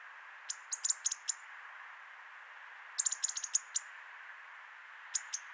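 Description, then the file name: European robin calls: rapid runs of sharp high ticks, one burst early and a longer flurry midway, then two final ticks, over faint hiss. "Erithacus rubecula"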